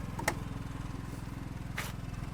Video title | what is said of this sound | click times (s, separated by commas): Airstream Rangeline Class B Motorhome Tour | Smart plug, 2 little clicks, and then you're in. | 0.3 s, 1.8 s